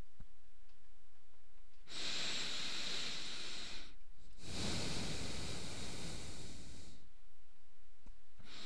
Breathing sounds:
nose breathing near a microphone
1.72-4.35 s: inhalation
4.35-7.11 s: exhalation
8.39-8.66 s: inhalation
From the record:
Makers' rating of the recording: medium

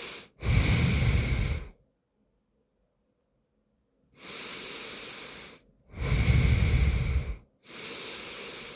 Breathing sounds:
nose breathing near a microphone
0.14-1.59 s: exhalation
3.94-5.59 s: inhalation
5.59-7.29 s: exhalation
7.29-8.75 s: inhalation
From the record:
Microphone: phone

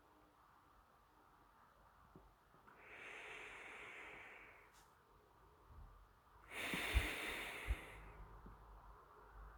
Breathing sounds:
nose breathing near a microphone
2.57-4.69 s: inhalation
6.31-8.22 s: exhalation
From the record:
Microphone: phone

